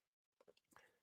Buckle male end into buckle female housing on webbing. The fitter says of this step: right there you think it's in and it's not